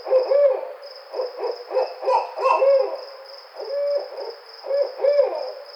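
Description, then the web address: Barred owl giving a lively run of short, wavering hoots in bursts, some notes rising and falling, with a steady high insect buzz behind. Recorded on 28 May 2009. "Barred Owl 2009 05 28 Barred Owl 01"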